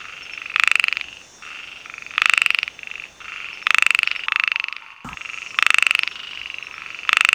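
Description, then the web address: A frog gives harsh, pulsed croaking bursts roughly every one to two seconds, with fainter rattling notes in the gaps. "Frogs World"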